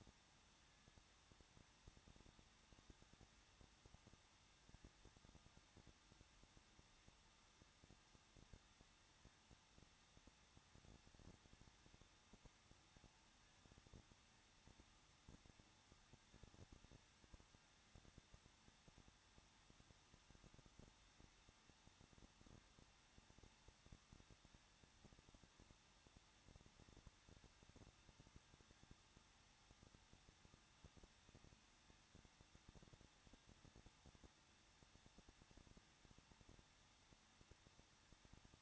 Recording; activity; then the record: daily activity, microphone in the room; no activity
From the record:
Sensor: 3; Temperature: 21.2 degrees Celsius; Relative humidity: 36.2%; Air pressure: 1006.5 hPa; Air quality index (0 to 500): 220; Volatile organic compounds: 39 ppm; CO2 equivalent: 3128 ppm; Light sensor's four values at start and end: 2/3/2/2 and 2/3/2/2